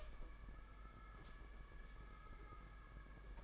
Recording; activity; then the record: daily activity, microphone in the room; open door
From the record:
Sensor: 5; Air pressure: 991.8 hPa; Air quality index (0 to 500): 131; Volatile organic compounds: 74 ppm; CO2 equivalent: 3554 ppm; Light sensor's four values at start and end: 33/111/42/44 and 34/111/42/44